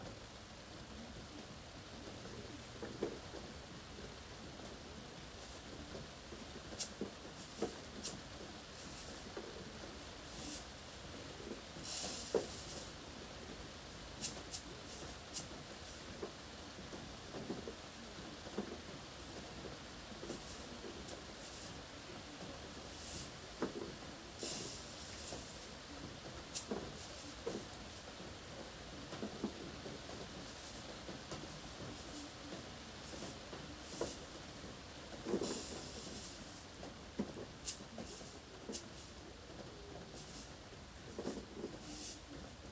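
Harvested vegetables are readied for shipping under the front-door eaves, with frequent small taps, clicks and rustles of handling over a steady hiss. Louder crinkling or scraping bursts stand out near 12, 24 and 35 seconds, with a faint low rumble underneath.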